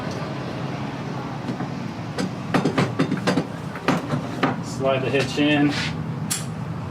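A Thule Easyfold XT bike rack's bar is slid into a vehicle's hitch receiver while someone talks, and the small retaining pin or clip is handled to be dropped back into the bar. A series of sharp knocks and clatters comes between about 2.2 and 4.4 seconds. Nothing has seated or snapped into place yet.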